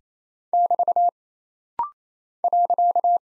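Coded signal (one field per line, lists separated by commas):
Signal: Morse code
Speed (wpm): 27 wpm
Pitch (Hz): 700 Hz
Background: none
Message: <BT> .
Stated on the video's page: Rapid-fire 28 wpm head-copy drill of single punctuation and prosign characters, with a very short gap to train instant character recognition.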